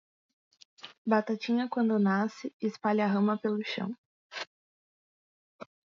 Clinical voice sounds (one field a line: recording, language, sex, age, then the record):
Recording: short text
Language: Brazilian Portuguese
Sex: female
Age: 20 to 29 years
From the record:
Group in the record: control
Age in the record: 25 years